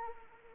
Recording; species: mosquito wingbeat signal from an infrared sensor; Anopheles arabiensis